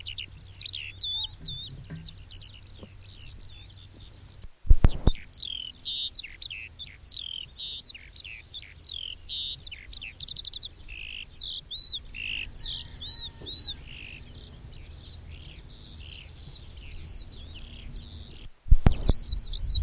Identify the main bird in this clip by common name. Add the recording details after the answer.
Eurasian Skylark. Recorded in the wild. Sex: male. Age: adult. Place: Röttenbach, Bayern, DE. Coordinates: 49.665, 10.9544. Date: 1964-06-27. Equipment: Original, Vollspur. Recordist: Tretzel, Erwin